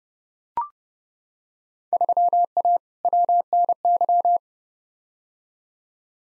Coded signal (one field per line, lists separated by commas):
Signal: Morse code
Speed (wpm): 32 wpm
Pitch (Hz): 700 Hz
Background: none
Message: 3A WNY